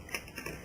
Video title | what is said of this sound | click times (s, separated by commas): Invert Mini Review Part 3: Taking Apart | when you're putting the spring back on the bolt it should click into place if it doesn't click then just | 0.1 s